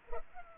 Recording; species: mosquito wingbeat signal from an infrared sensor; Culex pipiens